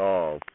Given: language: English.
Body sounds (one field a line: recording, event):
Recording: throat vibration sensor signal played as sound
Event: speech